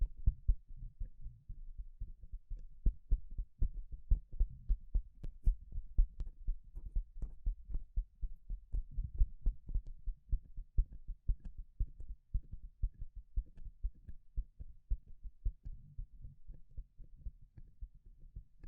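Gloves being handled, making a dense run of soft, low thumps and muffled knocks that continues for the whole stretch. The hits come quickly and irregularly, a few sharper taps standing out, over a faint low rumble between them.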